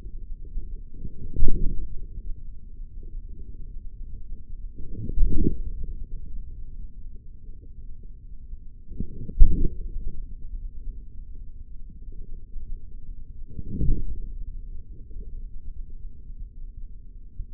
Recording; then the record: forearm muscle sounds (acoustic myography)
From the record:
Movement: forearm pronation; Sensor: system 3, bracelet of six PUI Audio POM-2738L microphones around the upper forearm, with dedicated amplification and filtering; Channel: 6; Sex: male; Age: 56 years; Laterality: right